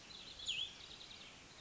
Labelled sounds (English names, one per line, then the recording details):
Cassin's Vireo
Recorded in Sonoma County, California